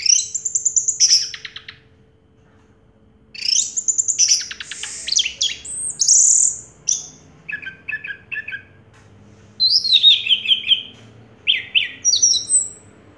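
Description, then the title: Orange-headed thrush song: scattered phrases of high whistles, quick stuttering trills and lower repeated chirps separated by pauses. Sound used to prompt a silent orange-headed thrush to sing. "Anis Merah Macet.. Pancing Dengan Suara Ini.. # Anis Merah"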